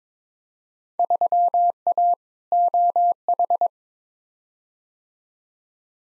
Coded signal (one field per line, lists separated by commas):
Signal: Morse code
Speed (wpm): 22 wpm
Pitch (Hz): 700 Hz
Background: none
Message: 3A OH